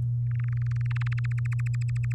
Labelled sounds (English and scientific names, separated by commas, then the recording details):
Domestic Canary (Serinus canaria) song
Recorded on 8 May 2018 at 05:48
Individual llb16